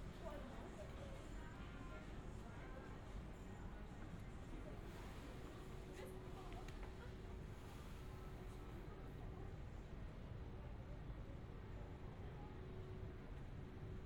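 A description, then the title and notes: A walk through a busy Tokyo shopping district: a dense, steady crowd murmur with voices overlapping. Traffic rumbles low underneath throughout, and a faint sustained tone hums along the whole clip, with a few brief clicks around six seconds. 3D AUDIO Walking in Shibuya 渋谷 Tokyo, Japan.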